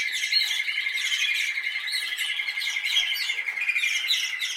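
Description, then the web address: Canary song made of a continuous, rapid, rattling trill on one pitch, with bright chirps layered above it throughout. "Canari Seda Canari"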